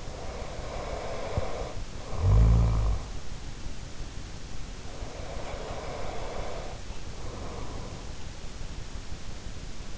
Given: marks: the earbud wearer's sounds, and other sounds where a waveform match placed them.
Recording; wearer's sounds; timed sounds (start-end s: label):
sounds in sleep by an in-ear microphone; talking in sleep, breath
0.00-3.05 s: talking in sleep
5.06-8.28 s: breath